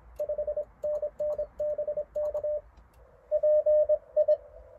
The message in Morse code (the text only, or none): 5NN BK PI